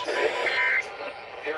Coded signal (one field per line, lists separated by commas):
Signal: Emergency Alert System (SAME) tones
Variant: end-of-message bursts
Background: speech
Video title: EAS 3314-3325: Pennsylvania Required Monthly Test for July 2022